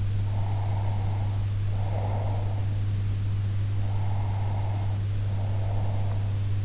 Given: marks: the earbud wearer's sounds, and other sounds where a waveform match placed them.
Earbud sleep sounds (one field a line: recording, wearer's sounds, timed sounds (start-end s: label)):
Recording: sounds in sleep by an in-ear microphone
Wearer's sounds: breath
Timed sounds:
0.19-2.65 s: breath
3.77-6.23 s: breath